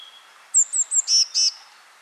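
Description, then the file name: Eurasian blue tit calling: three thin, very high notes, then two harsher buzzy notes, against a faint hiss. "Cyanistes caeruleus"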